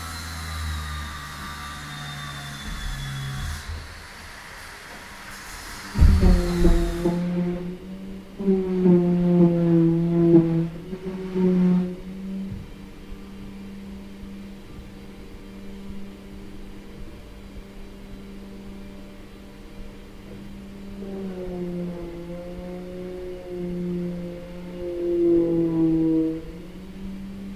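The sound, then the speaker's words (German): Floor sanding machines drone steadily on wooden floorboards during renovation work next to composer Maximilian Markoll's apartment in 2011, a continuous motor hum with whining tones that shift in pitch and swell into louder, rougher grinding bursts before settling back. “Ein Dielenboden wurde mit Schleifmaschinen bearbeitet.”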